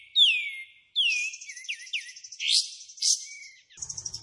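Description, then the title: Pied Triller giving falling whistled notes and quick slurred phrases, then two loud rising sweeps and a brief buzzy note. Lively singing bird with long 'tembakan' and 'besetan' song phrases; clear recording used as tutor audio for training white-rumped shamas. "KAPAS TEMBAK GACOR TEMBAKAN DAN BESETAN PANJANG"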